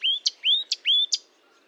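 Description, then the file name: Marsh warbler song, three upslurred whistled notes each followed by a sharp click, repeated about every half second. Recorded at Fontaine-Française (Fourneau), 1 June 2022 at 10:55, with a Nagra recorder and Telinga microphone. "Rousserolle verderolle 20220601 1055 Fontaine-Francaise-Fourneau-Nagra-Telinga"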